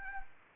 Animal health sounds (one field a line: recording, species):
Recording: mosquito wingbeat signal from an infrared sensor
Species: Anopheles arabiensis